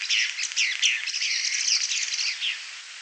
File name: Conopiastrivirgata Di Tore 30 JUL 00 MVQZsong